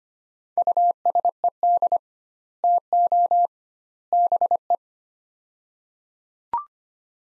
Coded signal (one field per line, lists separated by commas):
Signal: Morse code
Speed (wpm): 25 wpm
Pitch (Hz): 700 Hz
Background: none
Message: USED TO BE